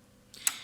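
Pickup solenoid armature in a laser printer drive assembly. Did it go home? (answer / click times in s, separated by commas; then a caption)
yes / 0.5 s. The paper-pickup solenoid armature in the drive assembly of an HP LaserJet Pro M130fw laser printer is moved by hand on its pivot, with a faint tick at 0.3 s. A sharp, bright click at 0.5 s marks the armature latching in place. This lets the drive gears engage.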